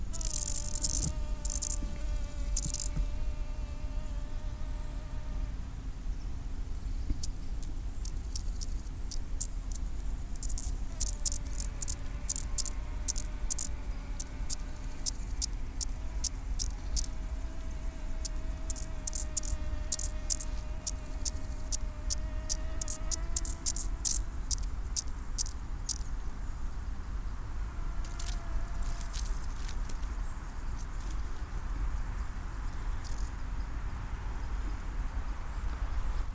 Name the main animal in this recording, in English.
Lesser Marsh Grasshopper